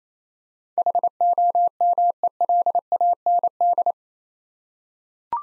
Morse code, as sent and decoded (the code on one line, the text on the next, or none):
.... --- -- . .-.. .- -. -..
HOMELAND